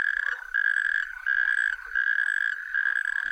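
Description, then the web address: Natterjack toad producing a steady series of buzzy, rattling trills, each under a second, following one another in quick succession. "Tajemnice puszczy Ropucha piaskówka"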